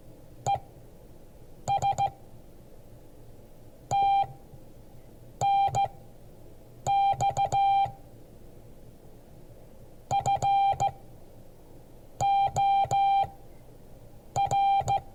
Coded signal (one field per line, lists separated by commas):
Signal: Morse code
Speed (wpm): 14 wpm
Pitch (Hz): 790 Hz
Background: none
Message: ES TNX FOR